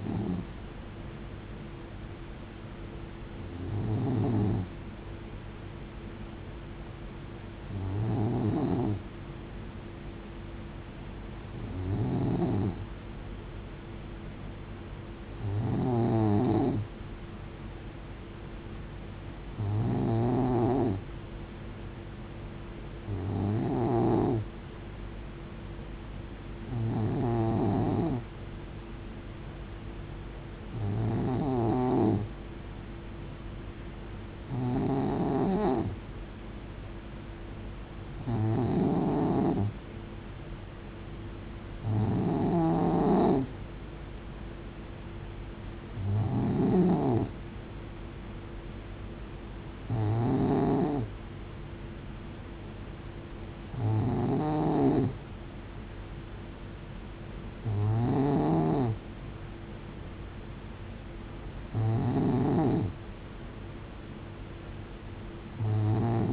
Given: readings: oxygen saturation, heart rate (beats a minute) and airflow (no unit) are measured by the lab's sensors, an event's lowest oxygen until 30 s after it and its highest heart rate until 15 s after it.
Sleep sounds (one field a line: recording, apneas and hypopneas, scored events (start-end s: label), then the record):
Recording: breathing in sleep by a voice recorder at the bedside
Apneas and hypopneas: none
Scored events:
63.00-66.33 s: new sleep stage, N3 (deep sleep)
From the record:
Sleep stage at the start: N2 (light sleep)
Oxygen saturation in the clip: 91 to 93%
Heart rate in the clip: 63 to 71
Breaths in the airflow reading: 17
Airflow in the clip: -6.4 to 3.8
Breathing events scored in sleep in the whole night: 389 in 6.3 hours asleep